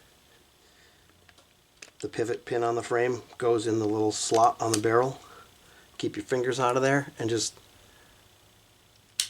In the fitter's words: push it down till you hear a click